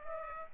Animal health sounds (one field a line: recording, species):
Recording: mosquito wingbeat signal from an infrared sensor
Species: Culex pipiens